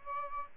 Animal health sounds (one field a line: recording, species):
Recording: mosquito wingbeat signal from an infrared sensor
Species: Aedes albopictus